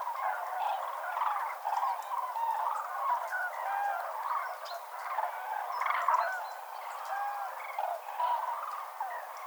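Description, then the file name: Common crane chorus of overlapping trumpeting and rolling calls, loud and continuous. Several common cranes at the Villeneuve viewpoint, Arjuzanx, France. "grues cendrees Vision de Villeneuve Arjuzanx F"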